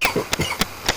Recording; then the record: coughing mixed with background sound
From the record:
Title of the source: Dry Afternoon Cough